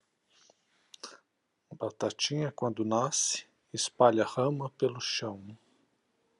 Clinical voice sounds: short text; Brazilian Portuguese; male; 50 to 59 years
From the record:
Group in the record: control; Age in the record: 52 years

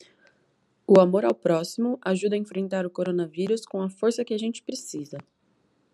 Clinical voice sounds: spoken sentence; Brazilian Portuguese; female; 20 to 29 years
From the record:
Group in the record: control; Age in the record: 25 years

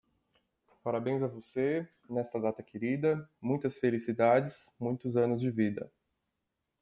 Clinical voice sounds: short text; Brazilian Portuguese; male; 20 to 29 years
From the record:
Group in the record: control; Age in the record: 28 years

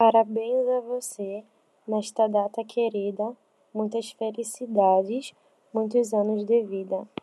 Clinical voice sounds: short text; Brazilian Portuguese; female; 20 to 29 years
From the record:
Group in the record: control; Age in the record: 23 years

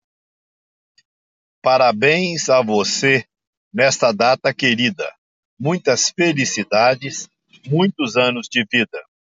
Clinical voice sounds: short text; Brazilian Portuguese; male; 60 to 69 years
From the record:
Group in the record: control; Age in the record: 67 years

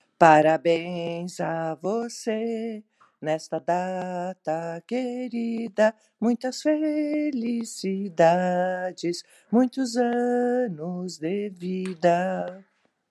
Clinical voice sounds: short text; Brazilian Portuguese; female; 60 to 69 years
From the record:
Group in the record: control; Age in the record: 62 years

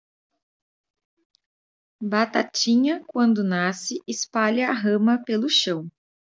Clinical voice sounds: short text; Brazilian Portuguese; female; 30 to 39 years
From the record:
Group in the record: control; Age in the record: 34 years

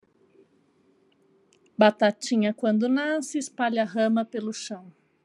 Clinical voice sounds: short text; Brazilian Portuguese; female; 40 to 49 years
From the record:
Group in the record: control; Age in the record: 43 years

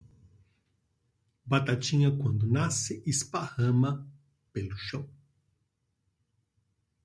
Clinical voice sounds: short text; Brazilian Portuguese; male; 60 to 69 years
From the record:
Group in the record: control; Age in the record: 60 years

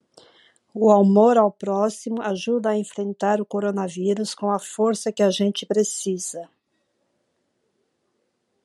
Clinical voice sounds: spoken sentence; Brazilian Portuguese; female; 60 to 69 years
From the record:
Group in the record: control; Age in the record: 63 years

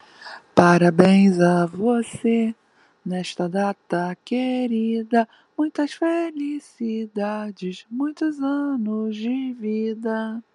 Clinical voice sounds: short text; Brazilian Portuguese; female; 50 to 59 years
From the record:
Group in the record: control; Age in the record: 56 years

